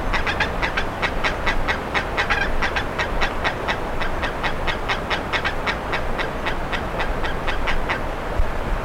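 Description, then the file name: Bird giving evenly paced rasping notes above a deep background rumble. "SABIOD 50 bird 2015"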